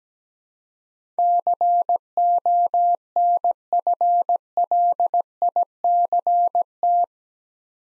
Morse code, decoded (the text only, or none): CONFLICT